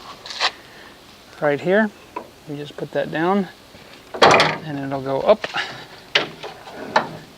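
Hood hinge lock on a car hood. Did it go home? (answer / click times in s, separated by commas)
yes / 6.2 s, 7.0 s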